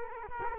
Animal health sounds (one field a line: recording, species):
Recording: mosquito wingbeat signal from an infrared sensor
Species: Culex quinquefasciatus